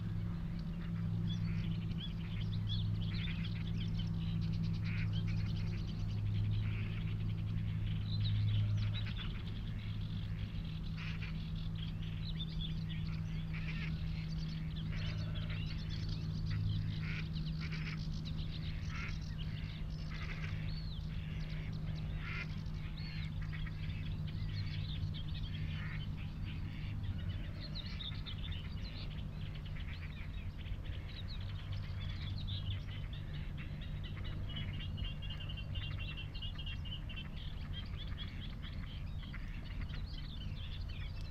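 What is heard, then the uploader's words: Open marshland in May with a steady low hum underneath and a busy, continuous layer of chirping birdsong throughout, occasional duck-like calls. Out in the wide open on Higham Marshes in Kent on a warm May afternoon. It's a perfect location for the Lento mics too. The sound scene of the Higham Marshes nature reserve from a little hawthorn tree in full scented blossom. Giant operating container ports rumble on the same horizon.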